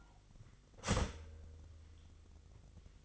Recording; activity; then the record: daily activity, microphone in the room; start toaster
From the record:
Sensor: 4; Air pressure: 1002.8 hPa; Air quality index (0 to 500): 235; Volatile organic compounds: 16 ppm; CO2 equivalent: 2553 ppm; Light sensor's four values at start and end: 21/74/27/27 and 18/60/23/22